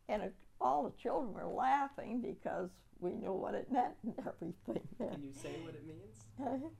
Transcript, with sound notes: And, all the children were laughing, because we knew what it meant and everything. [Laughs]
Can you say what it means?
Huh?